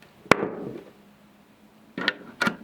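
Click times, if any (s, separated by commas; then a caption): 0.3 s. A rear trunnion 1913 adapter is slid into a rifle stock mount and locks into place with a sharp, bright click at 0.3 s that rings briefly. Two quieter knocks follow at about 2.1 s and 2.4 s.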